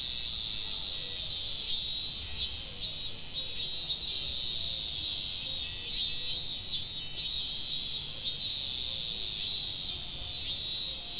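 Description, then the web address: Cicada chorus, a continuous shrill hiss overlaid with repeated pulsing buzzy phrases that come and go in irregular clusters throughout. Several cicadas, recorded on 31 July 2015. "fukudai. cicadas 150731"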